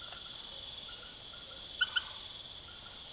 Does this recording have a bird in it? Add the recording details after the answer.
no. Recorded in secondary vegetation near Puerto Asís, Putumayo, Colombia, on 24 June 2025 at 19:30. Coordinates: 0.489, -76.322. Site G021